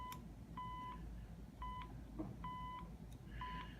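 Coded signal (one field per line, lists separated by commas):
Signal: beep code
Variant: UK red box coin tones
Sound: four steady 1 kHz beeps of different lengths, separated by short pauses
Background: room hiss, faint clicks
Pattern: 4 beeps: 0.4 s, 0.2 s, 0.35 s, 0.3 s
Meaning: Coin deposit tones signalling coins inserted to the exchange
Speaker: the UK version same tone different lengths am not sure what coin denominations those actually represented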